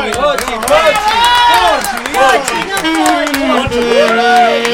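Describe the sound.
A studio crowd cheers and whoops loudly, with many overlapping rising and falling voices over a steady patter of applause and sharp claps, sustained throughout at full volume.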